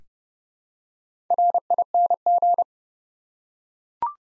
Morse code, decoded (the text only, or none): RING